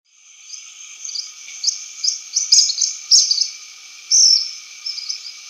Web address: Natures Songs S America Birds of Ecuador Black Phoebe